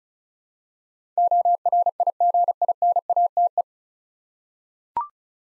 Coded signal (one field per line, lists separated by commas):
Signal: Morse code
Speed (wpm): 36 wpm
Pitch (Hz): 700 Hz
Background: none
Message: ORIGINATE